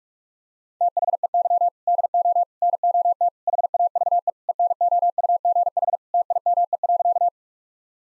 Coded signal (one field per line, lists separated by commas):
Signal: Morse code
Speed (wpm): 46 wpm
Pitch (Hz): 700 Hz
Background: none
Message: THEY DO NOT HAVE ENOUGH TIME.